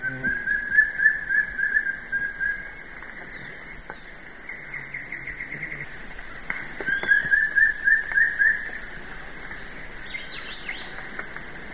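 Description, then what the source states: Wing-barred piprites giving two runs of rapid, even whistled notes, each several notes long, with other birds chirping and trilling between them. Recorded in the eastern lowlands of South America.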